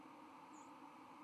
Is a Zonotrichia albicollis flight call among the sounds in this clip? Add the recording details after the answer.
yes. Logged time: 09:25 on 31 October 2014